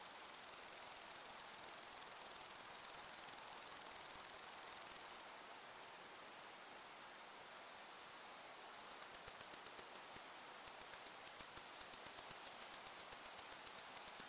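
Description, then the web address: Crickets in a high, steady buzzing drone that stops partway, followed by a quiet pause and then sharp, rapid pulsed bursts of chirping. Crickets together with other insects in long grass on a windy day. "beanstalk-audio Crickets and insects in windy long grass"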